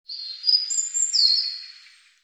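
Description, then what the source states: European robin song phrase: a brief sequence of high, pure whistled notes, one held then sliding down, tinkling and clear against silence. Cleaned and normalized.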